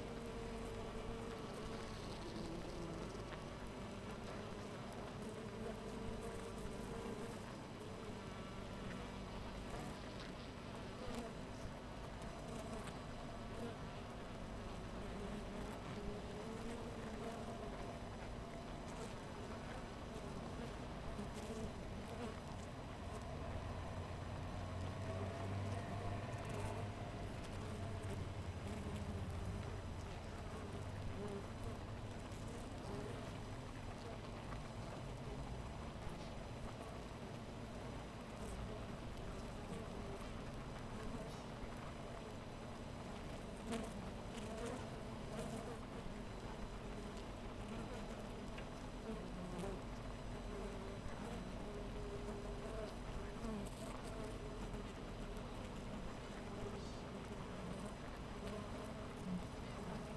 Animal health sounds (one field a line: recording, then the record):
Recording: honeybee colony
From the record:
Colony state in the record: missing queen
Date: 14 July 2017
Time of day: 6:03